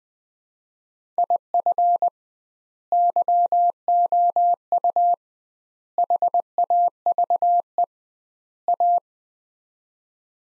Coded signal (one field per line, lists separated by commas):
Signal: Morse code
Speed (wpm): 21 wpm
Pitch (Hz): 700 Hz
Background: none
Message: IF YOU HAVE A